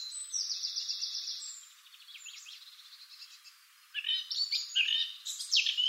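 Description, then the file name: Eurasian blackcap song: a quick rattling trill of repeated high notes, a quiet gap, then a loud burst of varied warbled phrases. "Sylvia atricapilla"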